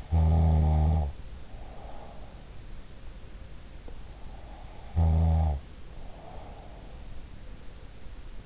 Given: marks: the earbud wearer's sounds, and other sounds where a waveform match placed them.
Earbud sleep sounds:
sounds in sleep by an in-ear microphone; snoring breath
0.00-2.72 s: snoring breath
4.73-7.05 s: snoring breath

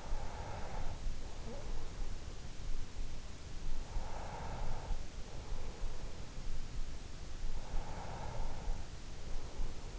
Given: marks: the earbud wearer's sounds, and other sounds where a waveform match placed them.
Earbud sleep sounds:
sounds in sleep by an in-ear microphone; breath
0.00-2.19 s: breath
3.87-6.20 s: breath
7.62-9.95 s: breath

